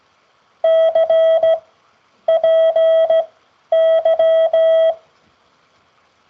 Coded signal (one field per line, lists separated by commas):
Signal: Morse code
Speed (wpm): 16 wpm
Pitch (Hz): 650 Hz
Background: none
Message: CPY